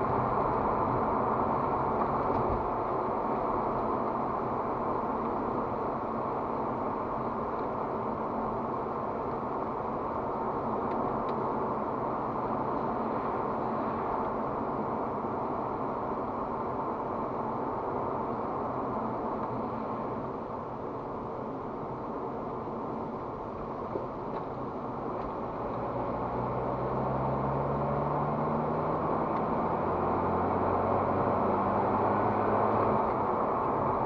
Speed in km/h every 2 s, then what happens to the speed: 63, 61, 61, 58, 54, 56, 56, 55, 54, 46, 39, 38, 38, 47, 60, 71, 76.
4-7 slows to 54. 7-17 steady at about 55. 17-19 brakes to 39. 19-25 steady at about 38. 25-31 speeds up to 76.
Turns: none.